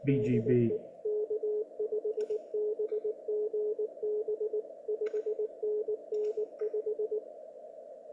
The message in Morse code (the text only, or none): DE K5BGB 5NN 5